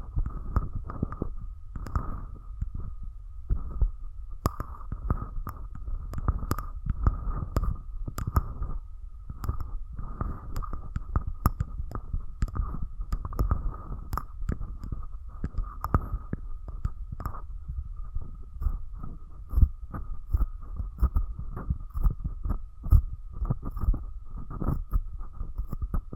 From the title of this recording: ASMR Close Up Mic Treatment